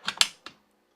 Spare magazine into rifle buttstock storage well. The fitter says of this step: 10 shot auxiliary magazine in the butt stock itself that locks into place